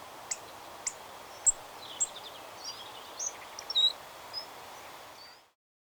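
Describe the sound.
Hawfinch producing a quick series of sharp high clicks and short squeaky phrases spread throughout before the sound cuts off, faint hiss throughout.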